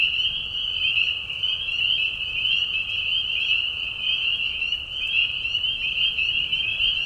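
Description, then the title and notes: Spring peepers piping together, sharp whistles layered into a steady high-pitched chorus. Mating call of spring peepers in a marsh at night during a short spring season; Tiny Marsh Conservation Area, Tiny, Ontario; high whistles at low volume. "Peeper frogs in the spring. Peeper frogs in a marsh at night. This is a mating call that happens during a very short season in the Spring. The high whistles at a low volume. Tiny Marsh Conservation area in Tiny, Ontario. Anton Pickard. Music for Sleep"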